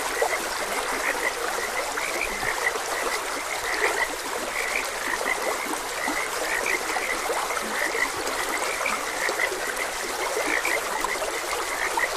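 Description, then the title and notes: Frogs croaking steadily, many short pulsed calls overlapping, accompanied by a gentle unbroken babble of stream water. Several frogs croaking beside a gentle stream. "Gentle Stream and Frogs Croaking. Sleep and Relaxation Podcast"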